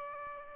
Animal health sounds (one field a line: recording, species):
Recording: mosquito wingbeat signal from an infrared sensor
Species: Aedes albopictus